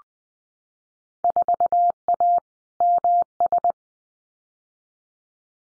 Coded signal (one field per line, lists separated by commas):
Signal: Morse code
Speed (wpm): 20 wpm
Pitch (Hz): 700 Hz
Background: none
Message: 4A MS